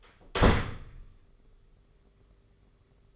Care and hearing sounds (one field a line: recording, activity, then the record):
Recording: daily activity, microphone in the room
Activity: close door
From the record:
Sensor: 4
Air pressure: 991.3 hPa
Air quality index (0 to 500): 133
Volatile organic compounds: 46 ppm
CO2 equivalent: 3245 ppm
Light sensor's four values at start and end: 11/28/11/12 and 9/22/8/9